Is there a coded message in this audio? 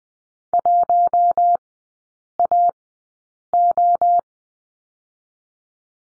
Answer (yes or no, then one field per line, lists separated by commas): yes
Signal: Morse code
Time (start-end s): 0.5-4.2 s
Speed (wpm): 20 wpm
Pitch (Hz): 700 Hz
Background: none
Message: 1AO